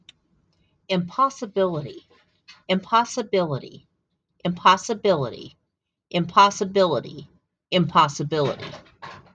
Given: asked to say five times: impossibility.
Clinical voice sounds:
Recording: repeated word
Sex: female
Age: 60 to 69 years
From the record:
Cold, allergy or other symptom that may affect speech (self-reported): no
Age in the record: 64 years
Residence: Idaho, United States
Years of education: 16

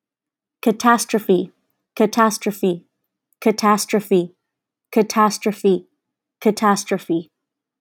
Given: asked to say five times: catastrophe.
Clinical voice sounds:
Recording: repeated word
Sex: female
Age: 20 to 29 years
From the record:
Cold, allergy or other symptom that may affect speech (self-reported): no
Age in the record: 27 years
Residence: California, United States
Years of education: 18

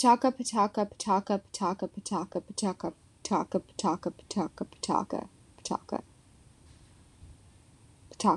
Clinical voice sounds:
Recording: repeated syllables /pa ta ka/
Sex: female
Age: 20 to 29 years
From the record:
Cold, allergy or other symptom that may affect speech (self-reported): no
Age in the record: 23 years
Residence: California, United States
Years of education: 16

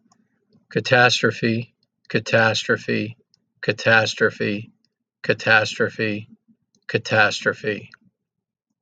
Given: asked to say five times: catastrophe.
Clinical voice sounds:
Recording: repeated word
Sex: male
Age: 50 to 59 years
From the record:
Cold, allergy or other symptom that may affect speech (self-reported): no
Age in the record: 58 years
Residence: Virginia, United States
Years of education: 16

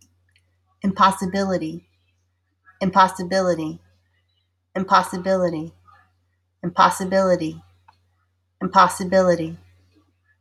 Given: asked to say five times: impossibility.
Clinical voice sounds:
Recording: repeated word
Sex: female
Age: 40 to 49 years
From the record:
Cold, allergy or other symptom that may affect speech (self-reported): no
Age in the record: 45 years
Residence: Virginia, United States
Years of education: 16

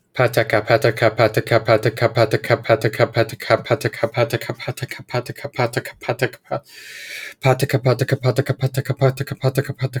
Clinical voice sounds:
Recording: repeated syllables /pa ta ka/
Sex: male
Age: 20 to 29 years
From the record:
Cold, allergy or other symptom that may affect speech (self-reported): no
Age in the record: 24 years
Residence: Utah, United States

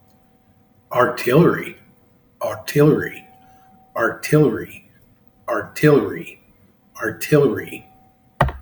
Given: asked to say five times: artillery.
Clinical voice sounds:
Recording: repeated word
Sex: male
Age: 50 to 59 years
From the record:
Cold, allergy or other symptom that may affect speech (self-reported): no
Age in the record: 52 years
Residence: Missouri, United States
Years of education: 16

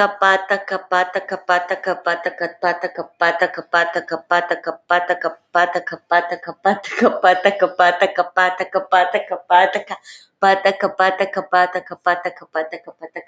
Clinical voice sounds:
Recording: repeated syllables /pa ta ka/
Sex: female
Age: 20 to 29 years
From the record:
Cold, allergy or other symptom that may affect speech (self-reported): no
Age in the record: 22 years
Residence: Alabama, United States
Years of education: 12

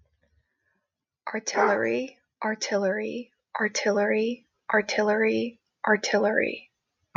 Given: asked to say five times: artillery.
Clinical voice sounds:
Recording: repeated word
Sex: female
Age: 20 to 29 years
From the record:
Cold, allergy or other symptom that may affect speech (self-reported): no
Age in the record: 24 years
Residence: Connecticut, United States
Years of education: 18

